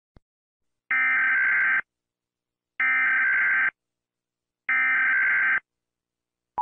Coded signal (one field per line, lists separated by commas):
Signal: Emergency Alert System (SAME) tones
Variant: header bursts